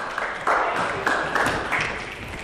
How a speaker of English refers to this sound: So everybody clap for him, please. Let's clap for him, please.